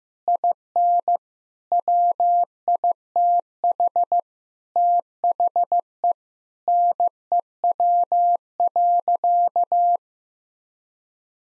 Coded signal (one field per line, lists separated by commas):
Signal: Morse code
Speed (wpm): 16 wpm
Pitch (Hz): 700 Hz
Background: none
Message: IN WITH THE NEW.